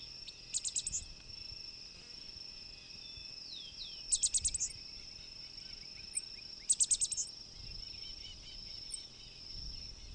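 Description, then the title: Black-masked finch calls: three quick bursts of thin, very high stuttering notes, spaced a few seconds apart, over a constant shrill insect drone. "LuckyPassaro Completos2Sama. Black-masked Finch (Coryphaspiza melanotis)"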